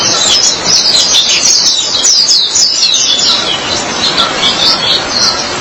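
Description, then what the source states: White-eye song: rapid, high, chattering twitters that flow on without a pause. Pleci (white-eye) chirping song.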